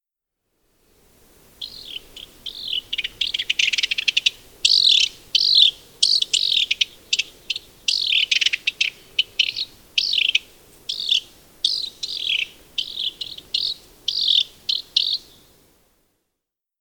House Wren call recorded on the Cub Lake Trail in Rocky Mountain National Park.